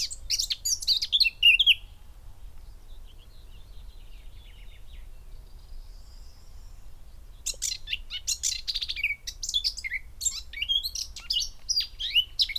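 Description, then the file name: Eurasian blackcap song: a short burst of high chattering notes, a long quiet pause, then a busy stretch of rapid scratchy twitters and chirps that lasts to the end. "Sylvia atricapilla"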